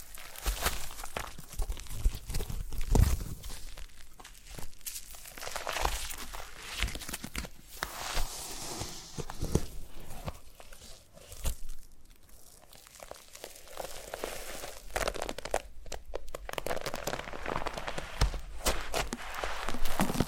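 Foam being massaged and squeezed, making a dense, steady run of crinkling, crackling and squishing noises with no pauses. The texture is bright and busy, swelling and easing every few seconds, with a sharp crack near the three-second mark.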